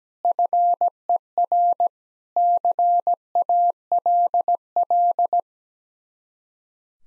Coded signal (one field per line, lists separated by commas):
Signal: Morse code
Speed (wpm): 17 wpm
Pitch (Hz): 700 Hz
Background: none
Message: FER CALL